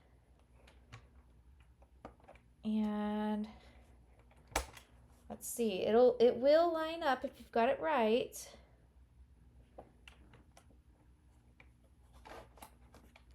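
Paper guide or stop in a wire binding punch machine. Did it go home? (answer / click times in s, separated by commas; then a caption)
no / none. A paper guide or stop on a wire binding punch machine is handled while paper is lined up, with faint scattered taps, a short steady buzzing tone around 2.7–3.5 s, a sharper knock at 4.6 s, and someone talking in the middle. The part has not yet seated or clicked into place.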